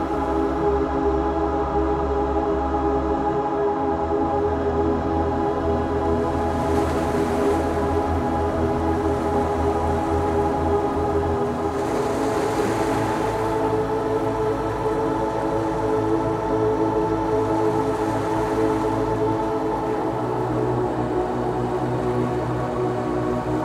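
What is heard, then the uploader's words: Soft sustained music holds steady chords over a low drone, while gentle ocean waves swell and recede about every six seconds. Gentle and spiritual music track, set against the sound of gentle ocean waves.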